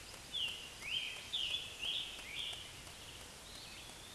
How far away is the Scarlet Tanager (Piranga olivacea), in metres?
about 40 m